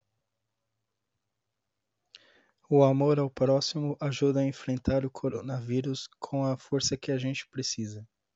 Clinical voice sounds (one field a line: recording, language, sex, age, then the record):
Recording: spoken sentence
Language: Brazilian Portuguese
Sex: male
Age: 30 to 39 years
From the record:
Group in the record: control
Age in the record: 37 years